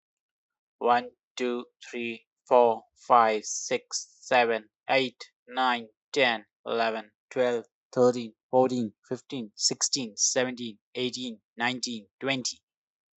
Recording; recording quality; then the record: counting at a fast pace; excellent, no background noise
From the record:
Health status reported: healthy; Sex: male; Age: 35 years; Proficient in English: yes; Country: India